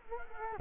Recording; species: mosquito wingbeat signal from an infrared sensor; Culex quinquefasciatus